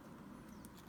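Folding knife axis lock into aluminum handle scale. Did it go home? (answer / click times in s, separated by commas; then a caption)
no / none. An aluminum handle scale is being fitted onto a Griptilian folding knife, with the axis lock ready to pop into place in the new scale. Steady, low handling noise and faint rustling are heard, with a brief faint tick around 0.7 s. The clip ends before the part goes home; nothing has seated or clicked yet.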